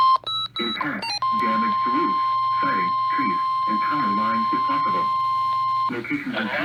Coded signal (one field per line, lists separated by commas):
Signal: Emergency Alert System (SAME) tones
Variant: 1050 Hz attention tone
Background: speech